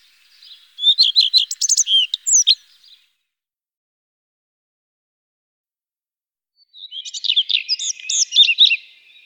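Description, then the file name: Common redstart song: two short phrases of quick high notes and jumbled twittering, separated by a few seconds of silence. "Gartenrotschwanz"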